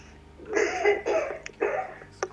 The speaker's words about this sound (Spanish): Con un poco de tos, como estás viendo, pero es que si te digo que todavía me dura la resaca y ha pasado pues un mes ha pasado y todavía me dura la resaca